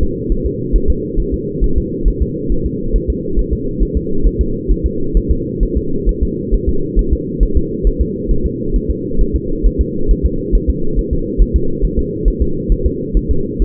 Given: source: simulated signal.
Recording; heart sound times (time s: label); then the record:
fetal heart sounds
0.03 s: S2
0.32 s: S1
0.46 s: S2
0.76 s: S1
0.90 s: S2
1.20 s: S1
1.34 s: S2
1.64 s: S1
1.78 s: S2
2.08 s: S1
2.22 s: S2
2.52 s: S1
2.66 s: S2
2.96 s: S1
3.10 s: S2
3.39 s: S1
3.53 s: S2
3.83 s: S1
3.97 s: S2
4.27 s: S1
4.41 s: S2
4.71 s: S1
4.86 s: S2
5.17 s: S1
5.31 s: S2
5.63 s: S1
5.77 s: S2
6.09 s: S1
6.23 s: S2
6.54 s: S1
6.69 s: S2
6.99 s: S1
7.13 s: S2
7.43 s: S1
7.57 s: S2
7.87 s: S1
8.01 s: S2
8.31 s: S1
8.46 s: S2
8.76 s: S1
8.90 s: S2
9.21 s: S1
9.36 s: S2
9.66 s: S1
9.81 s: S2
10.11 s: S1
10.26 s: S2
10.55 s: S1
10.70 s: S2
10.99 s: S1
11.13 s: S2
11.42 s: S1
11.56 s: S2
11.85 s: S1
11.99 s: S2
12.28 s: S1
12.42 s: S2
12.72 s: S1
12.86 s: S2
13.17 s: S1
13.31 s: S2
13.62 s: S1
From the record:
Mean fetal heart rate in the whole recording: 135 bpm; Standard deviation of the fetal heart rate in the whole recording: 3 bpm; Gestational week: 36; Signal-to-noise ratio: -8.1 dB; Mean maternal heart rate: 72 bpm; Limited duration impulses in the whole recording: absent